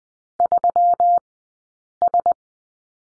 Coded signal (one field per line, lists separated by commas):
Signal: Morse code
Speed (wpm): 20 wpm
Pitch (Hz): 700 Hz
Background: none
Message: 3S